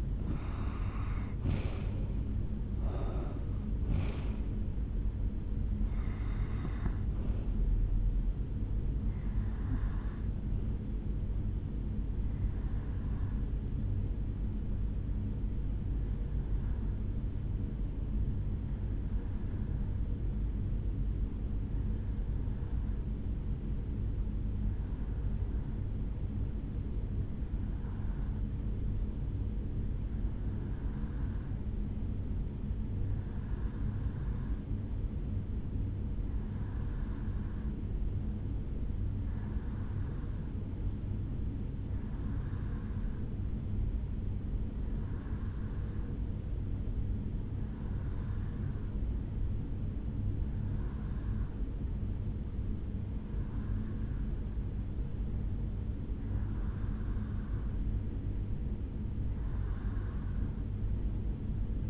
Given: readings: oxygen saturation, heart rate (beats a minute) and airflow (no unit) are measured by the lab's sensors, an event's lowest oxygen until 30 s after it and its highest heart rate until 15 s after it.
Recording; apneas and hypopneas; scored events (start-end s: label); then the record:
breathing in sleep by a smartphone at the bedside; 1
15.00-34.30 s: hypopnea (REM, oxygen 96% highest, then 87% lowest, heart rate 69 at the start, 73 highest)
From the record:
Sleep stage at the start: REM sleep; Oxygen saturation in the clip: 82 to 96%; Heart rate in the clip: 69 to 84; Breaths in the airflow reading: 18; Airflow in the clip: -5.4 to 7.7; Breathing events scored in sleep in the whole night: 449 in 7.0 hours asleep